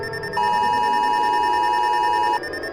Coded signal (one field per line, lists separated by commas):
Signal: Emergency Alert System (SAME) tones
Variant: 853 and 960 Hz attention tone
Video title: The Disappearences: An EAS Scenario (collab between me and Randomnicious)